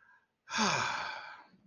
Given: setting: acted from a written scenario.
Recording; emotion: vocal sound without words; contentment